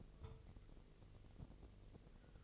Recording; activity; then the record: daily activity, microphone in the room; take from stove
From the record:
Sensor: 4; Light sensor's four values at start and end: 9/20/8/8 and 9/20/8/7